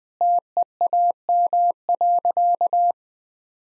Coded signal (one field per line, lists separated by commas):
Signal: Morse code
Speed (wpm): 20 wpm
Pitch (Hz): 700 Hz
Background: none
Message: TEAM.